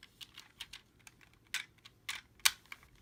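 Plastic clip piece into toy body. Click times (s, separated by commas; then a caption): 2.5 s. A large plastic clip on a Transformers Legends LG-42 Godbomber transforming toy is started in a beveled area and rotated into the toy body, making a series of light plastic ticks and scrapes. It snaps home with a sharp click at 2.5 s, seating the clip in place.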